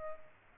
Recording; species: mosquito wingbeat signal from an infrared sensor; Culex pipiens